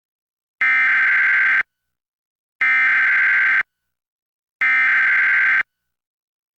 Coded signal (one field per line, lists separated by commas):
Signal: Emergency Alert System (SAME) tones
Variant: header bursts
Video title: EAS #1093-1094: NWR and EAS Child Abduction Emergencies- July 10, 2025- 6:40PM PDT